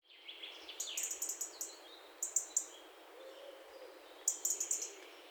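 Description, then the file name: European robin giving sharp, high ticking calls in quick bursts separated by pauses, over a steady background hiss. "Erithacus rubecula"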